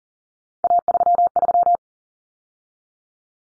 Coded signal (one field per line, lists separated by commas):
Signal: Morse code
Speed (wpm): 40 wpm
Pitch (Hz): 700 Hz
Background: none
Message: A33